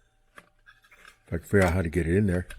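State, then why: Not seated. The molded plastic interior tub of a plastic 1959 Lincoln scale model being restored is handled and pushed toward the model car body, with a small plastic tick around 0.4 s and faint rubbing near 0.9–1.1 s. Someone talks over the handling, and nothing has seated or snapped into place yet.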